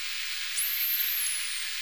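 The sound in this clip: Whale whistle: one thin, very high tone that sweeps up sharply, levels off and slowly sags over about a second, above a steady hiss.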